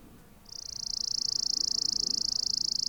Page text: Richard E Webster - Малая воробьиная овсянка (Spizella passerina)